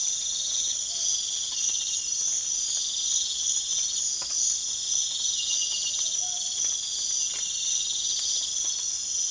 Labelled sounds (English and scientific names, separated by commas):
Tropical Screech-Owl (Megascops choliba)